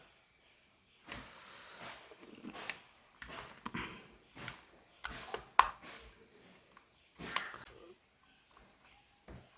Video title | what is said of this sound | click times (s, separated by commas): R C C B പൊളിച്ചു നോക്കിയപ്പോൾ - ഒരാളുടെ ജീവൻ രക്ഷിക്കുന്നത് ഈ സാധനമാണ് -Nasar thavanur | ഏകദേശം ഇത് ലോക്ക് ആയിട്ടോ | 5.6 s